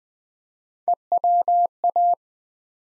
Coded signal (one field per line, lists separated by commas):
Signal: Morse code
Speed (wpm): 20 wpm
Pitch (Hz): 700 Hz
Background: none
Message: EWA